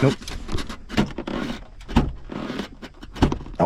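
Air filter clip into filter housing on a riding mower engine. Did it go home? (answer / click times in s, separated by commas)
yes / 3.2 s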